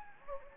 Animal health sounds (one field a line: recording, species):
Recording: mosquito wingbeat signal from an infrared sensor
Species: Anopheles gambiae